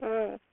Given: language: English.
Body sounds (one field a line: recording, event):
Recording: throat vibration sensor signal played as sound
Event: speech